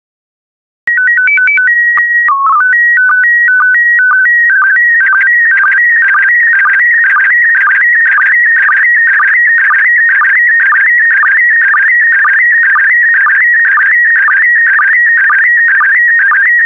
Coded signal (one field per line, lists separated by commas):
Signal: SSTV (slow-scan television)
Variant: PD 120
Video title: 124098 Flowering Potted Plants SSTV PD120